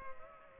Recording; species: mosquito wingbeat signal from an infrared sensor; Culex pipiens